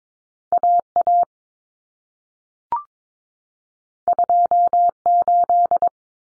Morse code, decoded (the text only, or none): AA 28